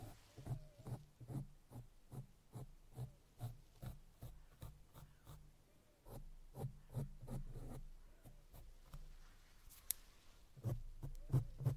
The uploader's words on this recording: ASMR Face and Microphone Brushing for Relaxation.